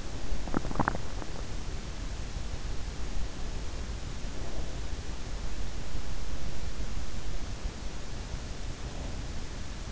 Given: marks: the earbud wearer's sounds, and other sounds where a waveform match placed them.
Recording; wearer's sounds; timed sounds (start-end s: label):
sounds in sleep by an in-ear microphone; swallowing
0.00-1.29 s: swallowing